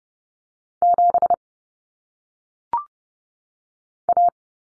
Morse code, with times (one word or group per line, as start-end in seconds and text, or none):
0.8-1.3 7
4.1-4.3 A